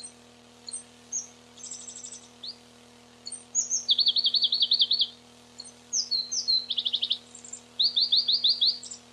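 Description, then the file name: Pallas's leaf warbler song of short high chips followed by rapid rattling trills and sweeping notes, repeated in several bursts, with a low steady hum in the background. Recorded 29 June 1994. "29 06 94 Pproregulus"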